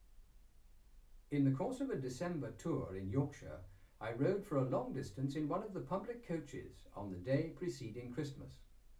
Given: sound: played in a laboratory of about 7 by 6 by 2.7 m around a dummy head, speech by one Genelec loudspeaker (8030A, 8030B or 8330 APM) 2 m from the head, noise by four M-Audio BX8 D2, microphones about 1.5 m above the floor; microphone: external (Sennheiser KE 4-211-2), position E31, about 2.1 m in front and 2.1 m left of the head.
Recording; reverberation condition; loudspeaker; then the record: male speech in English; low; 90 degrees to the right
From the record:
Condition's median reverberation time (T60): about 310 ms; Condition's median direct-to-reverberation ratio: about 3.5 dB